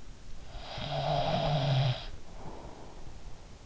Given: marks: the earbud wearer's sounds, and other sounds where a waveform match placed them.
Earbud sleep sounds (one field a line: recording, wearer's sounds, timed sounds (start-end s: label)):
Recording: sounds in sleep by an in-ear microphone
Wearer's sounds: snoring breath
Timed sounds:
0.14-3.66 s: snoring breath